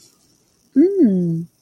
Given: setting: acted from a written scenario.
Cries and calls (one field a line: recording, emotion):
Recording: vocal sound without words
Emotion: romantic love